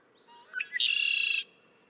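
Red-winged blackbird song: a soft whistled lead-in and quick stuttered notes rising into a loud, buzzy trill held for over half a second.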